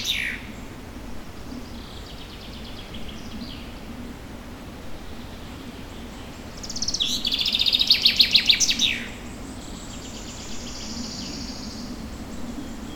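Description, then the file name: Bird song: the tail of a phrase at the very start, then a rapid trilled phrase around seven seconds, a high opening then a dense buzzy series of notes ending in a downward flourish, over steady forest background hiss. Forest setting. "Forest Ambient With A Birdsong"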